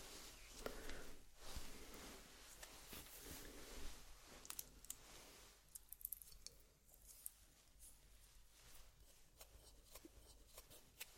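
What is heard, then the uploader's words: Soft makeup application sounds with crisp brushing swishes and light taps, busier in the first few seconds, then sparser clicks and faint scratchy strokes. ASMR Doing Your Makeup , Pure Sounds , No Talking.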